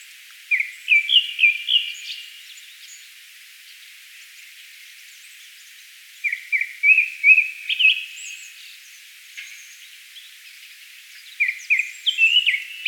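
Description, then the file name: Japanese thrush song with three bursts of fast, slurred whistles, each phrase a few seconds long and separated by pauses. "Turdus cardis"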